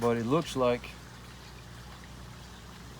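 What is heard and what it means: Someone talks briefly over the first 0.8 seconds while a threaded plumbing pipe fitting is turned into a water jet assembly, followed by quiet, steady low background noise. The starting thread fails to catch and the fitting goes in crooked, cross-threading instead of seating, so nothing has clicked or seated.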